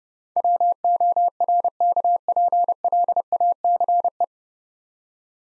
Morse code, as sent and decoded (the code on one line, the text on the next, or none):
.-- --- .-. -.- .--. .-.. .- -.-. .
WORKPLACE